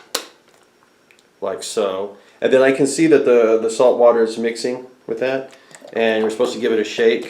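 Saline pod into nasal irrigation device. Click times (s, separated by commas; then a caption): 0.2 s. A saline pod is placed in a Naväge nasal irrigation device, and the plastic lid is pushed down until it clicks home with a sharp click at 0.2 s. A few faint ticks follow before someone talks for the rest of the clip.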